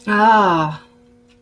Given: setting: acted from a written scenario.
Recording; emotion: vocal sound without words; neutral